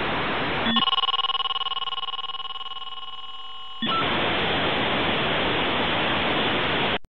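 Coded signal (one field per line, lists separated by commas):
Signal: fax machine handshake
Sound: brief hiss, steady buzzy multi-tone for three seconds, then loud broadband hiss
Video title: Fax Machine Noise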